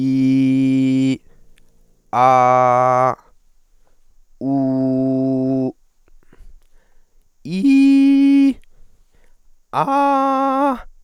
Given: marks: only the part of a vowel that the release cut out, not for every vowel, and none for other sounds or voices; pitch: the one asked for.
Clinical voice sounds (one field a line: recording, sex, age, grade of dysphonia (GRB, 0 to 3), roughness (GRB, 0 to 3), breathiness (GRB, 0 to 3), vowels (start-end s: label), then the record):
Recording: sustained vowels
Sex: male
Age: 20 to 29 years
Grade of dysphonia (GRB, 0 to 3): 0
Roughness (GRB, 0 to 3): 0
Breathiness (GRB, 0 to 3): 0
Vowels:
0.00-1.10 s: vowel /i/, normal pitch
2.18-3.08 s: vowel /a/, normal pitch
4.48-5.64 s: vowel /u/, normal pitch
7.67-8.48 s: vowel /i/, high pitch
9.90-10.70 s: vowel /a/, high pitch
From the record:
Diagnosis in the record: healthy voice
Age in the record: 23 years